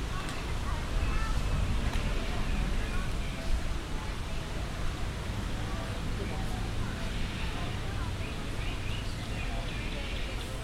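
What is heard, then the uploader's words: A walk through Animal Kingdom with a steady crowd babble of overlapping voices, a low rumble underneath, and occasional brief louder clatters. Walk in Animal Kingdom.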